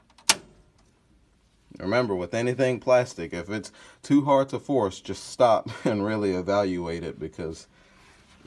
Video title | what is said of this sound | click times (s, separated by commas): PART 5: EPSON 7890 DTF CONVERSION | until you hear it click | 0.3 s